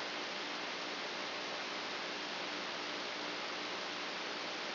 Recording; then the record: brain microelectrode recording played as sound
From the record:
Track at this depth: outside the subthalamic nucleus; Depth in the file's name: 8.828 mm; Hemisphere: left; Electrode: 2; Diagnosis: Parkinson's disease